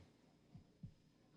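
One muffled, low lub-dub heartbeat of an adult man, a simulated heartbeat sound effect in a radio drama, heard during a lie detector test.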